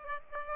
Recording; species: mosquito wingbeat signal from an infrared sensor; Aedes aegypti